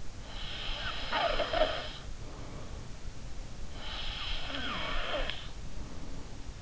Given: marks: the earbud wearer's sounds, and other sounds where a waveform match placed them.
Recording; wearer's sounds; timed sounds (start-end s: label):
sounds in sleep by an in-ear microphone; snoring breath
0.33-2.93 s: snoring breath
3.71-6.50 s: snoring breath